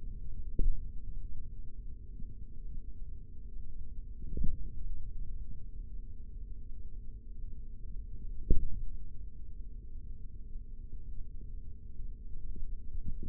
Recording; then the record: forearm muscle sounds (acoustic myography)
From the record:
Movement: hand opening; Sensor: system 3, bracelet of six PUI Audio POM-2738L microphones around the upper forearm, with dedicated amplification and filtering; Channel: 3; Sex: male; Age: 56 years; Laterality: right